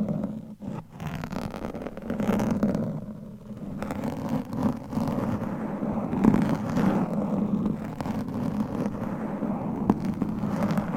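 Scratching and rubbing against a microphone, layered into a dense, rough rumble that stays low and heavy throughout. Brief dropouts near the start give way to a steady, grinding texture with scattered sharp scrapes and clicks, swelling slightly around six seconds.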